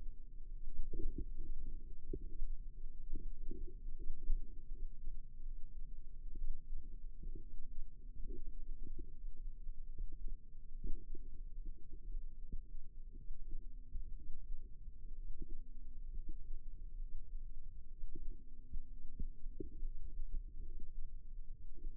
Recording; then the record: forearm muscle sounds (acoustic myography)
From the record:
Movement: rest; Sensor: system 2, bracelet of six BSWA MPA416 microphones around the upper forearm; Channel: 3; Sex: female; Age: 22 years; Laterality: right